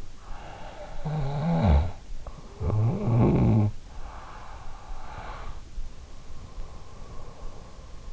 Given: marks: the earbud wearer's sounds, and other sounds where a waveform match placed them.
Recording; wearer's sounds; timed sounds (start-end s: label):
sounds in sleep by an in-ear microphone; snoring breath, breath
0.20-4.20 s: snoring breath
4.20-8.12 s: breath